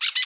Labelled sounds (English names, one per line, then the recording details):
Brown-throated Parakeet contact call
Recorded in Bonaire
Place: 1 km E of roosting area just N of Seru Largu
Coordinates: 12.199, -68.268